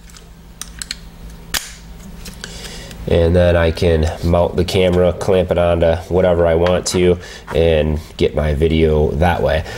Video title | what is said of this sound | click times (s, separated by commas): A Better GoPro Alternative - The DB7000 Action camera | So the camera has the little mounting thing on it here. It just snaps into place. | 0.6 s, 0.8 s, 0.9 s